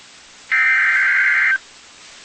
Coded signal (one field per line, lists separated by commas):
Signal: Emergency Alert System (SAME) tones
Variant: header bursts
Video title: EAS Alert #100 (Severe Thunderstorm Warning)